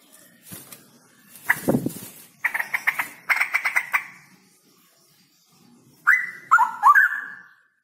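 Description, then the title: Straw-headed bulbul song: bursts of rapid pulsed notes, then after a pause a loud liquid phrase of rising and dipping warbled whistles. Male bird, singing often (gacor) with a loud voice and long rolling trills; recording used as masteran, audio to train other birds. "GILEEE Cucak ROWO Jantan GACOR Suara Lantang ROoo EL Panjang"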